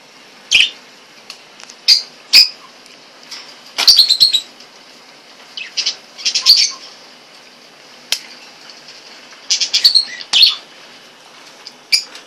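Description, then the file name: Eclectus parrot giving high, sharp chirps, single and in short clusters, scattered irregularly through the recording. "blagorodnyj popugaj eklektus"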